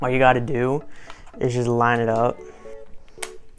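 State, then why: Seated. A plastic glasses spacer is lined up and pressed into the face area of a VR headset while someone talks. After the talking ends, a sharp, bright snap at 3.2 s marks the spacer seating in place.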